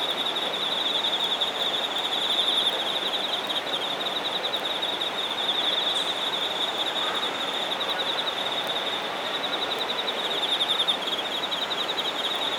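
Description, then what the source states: Continuous high pulsed insect trill with small swells in loudness, accompanied by a constant hiss of background noise. Shinagawa, Japan.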